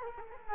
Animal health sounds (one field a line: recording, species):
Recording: mosquito wingbeat signal from an infrared sensor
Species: Culex quinquefasciatus